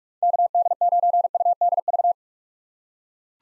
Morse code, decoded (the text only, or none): KD9UDV